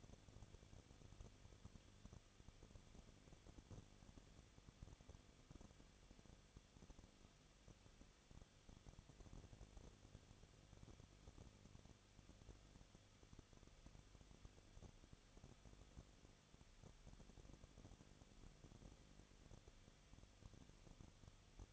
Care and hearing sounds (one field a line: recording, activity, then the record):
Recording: daily activity, microphone in the room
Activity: no activity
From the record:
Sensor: 4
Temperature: 23.1 degrees Celsius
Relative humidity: 34.0%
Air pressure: 1007.2 hPa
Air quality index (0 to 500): 216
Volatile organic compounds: 15 ppm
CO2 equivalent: 2500 ppm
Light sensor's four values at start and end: 2/3/1/1 and 2/3/1/1